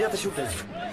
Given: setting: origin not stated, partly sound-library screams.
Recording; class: one-second piece from a danger detection set; normal situation